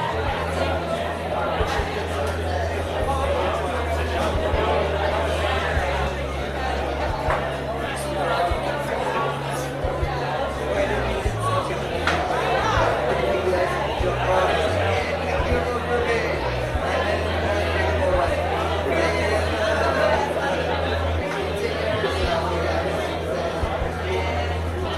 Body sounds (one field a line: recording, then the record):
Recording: background sound without coughing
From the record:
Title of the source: CITY SOUNDS Busy Bar in the Evening Night - 2 HOURS of Ambiance for Relaxation